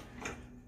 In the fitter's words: you would need a flathead screwdriver to pop the clip off